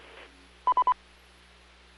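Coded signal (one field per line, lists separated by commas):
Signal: none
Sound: repeater courtesy beep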